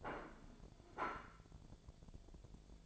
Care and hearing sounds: daily activity, microphone in the room; place plate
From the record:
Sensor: 5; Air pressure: 1000.3 hPa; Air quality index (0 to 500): 122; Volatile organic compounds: 1 ppm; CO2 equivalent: 973 ppm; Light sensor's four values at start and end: 97/230/98/106 and 97/230/98/106

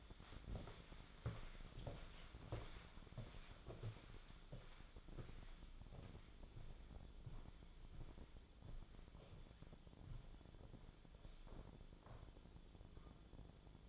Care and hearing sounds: daily activity, microphone in the room; walk to room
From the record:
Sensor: 5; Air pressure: 1010.2 hPa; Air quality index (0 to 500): 142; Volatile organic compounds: 3 ppm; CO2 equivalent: 1384 ppm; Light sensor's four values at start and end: 292/683/300/339 and 278/694/291/319

